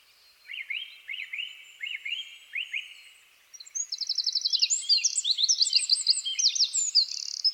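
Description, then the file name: Eurasian wren song: a series of chirps, then an energetic, loud outpouring of rapid high trills and sharp twittered notes. "Troglodytes troglodytes"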